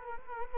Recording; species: mosquito wingbeat signal from an infrared sensor; Culex quinquefasciatus